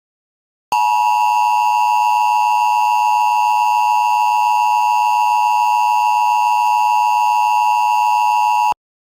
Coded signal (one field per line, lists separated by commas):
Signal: Emergency Alert System (SAME) tones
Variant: 853 and 960 Hz attention tone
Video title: Emergency Alert System Scenario #8: "West Coast Earthquake"